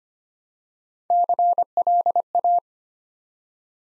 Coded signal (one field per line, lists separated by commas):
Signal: Morse code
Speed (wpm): 25 wpm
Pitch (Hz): 700 Hz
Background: none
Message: CLA